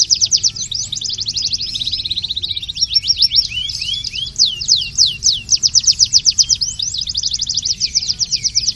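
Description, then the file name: Canary song, a continuous run of high, rapid trills and rolling notes that shift in tempo and pitch, with buzzy chirps woven through the whole stretch. Long version of the song. "kenari ajudan versi panjang milik om satria hendawan"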